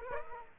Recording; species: mosquito wingbeat signal from an infrared sensor; Aedes aegypti